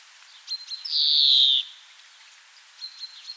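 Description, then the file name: European greenfinch giving one drawn-out, buzzy nasal wheeze that slides slightly downward, with a few faint short chirps before and after against a quiet hiss. "Chloris chloris"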